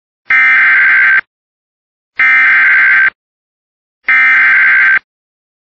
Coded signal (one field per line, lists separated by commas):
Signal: Emergency Alert System (SAME) tones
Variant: header bursts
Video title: [EAS] Severe Thunderstorm Warning for White Earth Nation and Bagley (8/11/25)